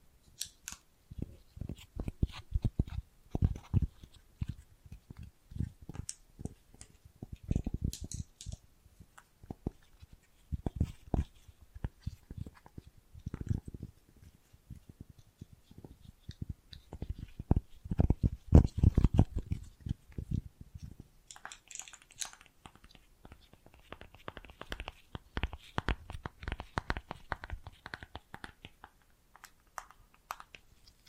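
Bracelets and jewelry boxes being handled, with a dense run of knocks, taps and clacks, many heavy and low, for the first twenty seconds. Around 21 seconds the handling turns lighter and brighter: scattered small clicks and jingly rattles with quiet gaps between them.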